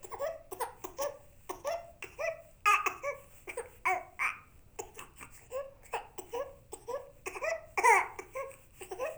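A baby cries in short, rhythmic, high-pitched bursts, about two per second.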